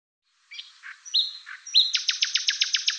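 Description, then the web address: Bird song: a few short chirps and two high thin whistles, then a fast trill of many rapid notes running on to the end, clean background. "cianscape birddata Deverinetal 2025"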